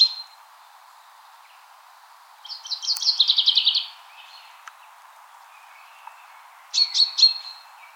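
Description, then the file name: Common chaffinch giving a rapid run of high notes lasting about one and a half seconds, followed later by a brief cluster of three sharp notes. "Fringilla coelebs"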